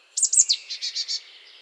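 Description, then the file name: Marsh tit call: two sharp high explosive notes and a downslurred note, then four buzzy, evenly spaced notes, heard clearly against a quiet background. "Poecile palustris"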